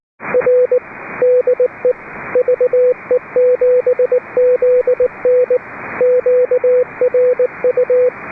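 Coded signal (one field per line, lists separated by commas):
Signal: Morse code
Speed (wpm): 19 wpm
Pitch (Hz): 500 Hz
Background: radio noise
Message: R DE VE7ZN QRU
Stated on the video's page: British Columbia Public Service Net on 3.729 MHz, net control operating fully remote from a boat.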